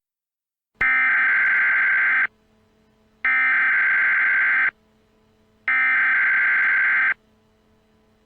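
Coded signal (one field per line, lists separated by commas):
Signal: Emergency Alert System (SAME) tones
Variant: header bursts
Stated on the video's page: Fictional EAS scenario; simulated alert tones.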